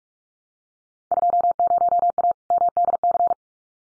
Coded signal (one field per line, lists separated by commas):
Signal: Morse code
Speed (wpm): 46 wpm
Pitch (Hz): 700 Hz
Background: none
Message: 20A MDC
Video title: Field Day Exchange Encore 45wpm